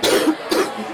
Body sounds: coughing mixed with background sound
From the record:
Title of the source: 60 coughing still (deep and wet cough)

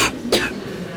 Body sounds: coughing mixed with background sound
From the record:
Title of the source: 61 morning phlegmy cough...again

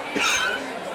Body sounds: coughing mixed with background sound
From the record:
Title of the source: 64 coughing, allergies, singing lungs

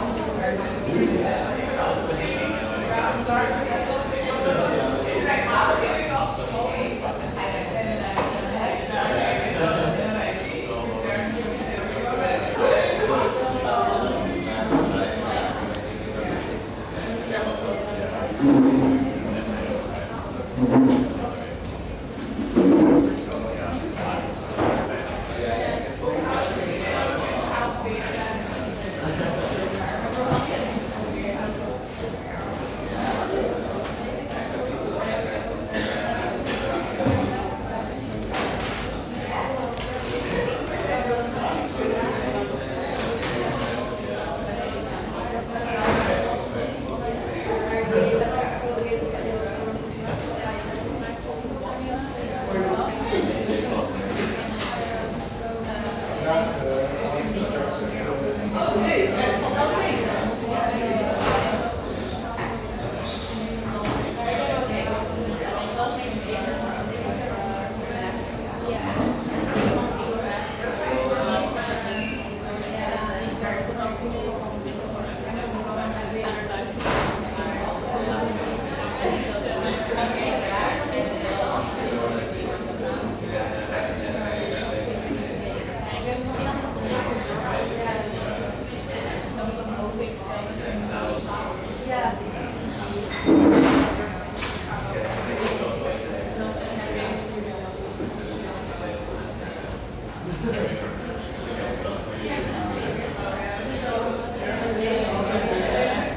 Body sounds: background sound without coughing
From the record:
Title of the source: 40 min - Ambience sounds UNIVERSITY lunchroom chatting

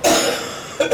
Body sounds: coughing mixed with background sound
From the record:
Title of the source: Cough Around the Clock!

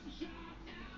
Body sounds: background sound without coughing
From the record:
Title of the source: BackgroundMusic

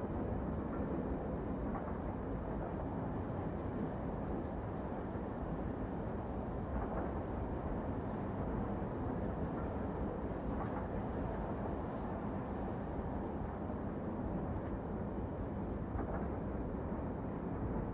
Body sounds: background sound without coughing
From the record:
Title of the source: Train Ride Ambience ambient white noise for sleeping, focus, studying, reading

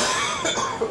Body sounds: coughing mixed with background sound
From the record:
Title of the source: Spring Cold Coughing 2

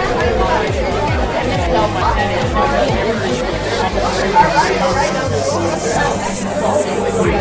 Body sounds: background sound without coughing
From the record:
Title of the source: Nightlife Party Simulating Party Club Noise 1 Hour

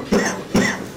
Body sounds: coughing mixed with background sound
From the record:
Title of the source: Spring Cold Coughing 3

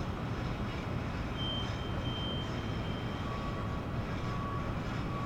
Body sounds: background sound without coughing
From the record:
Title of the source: 30 MINUTES Construction Site Ambience (CC BY 4.0)

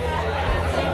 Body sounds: background sound without coughing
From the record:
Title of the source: CITY SOUNDS Busy Bar in the Evening Night - 2 HOURS of Ambiance for Relaxation

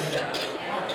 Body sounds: coughing mixed with background sound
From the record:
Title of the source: 55 gaggy wet cough

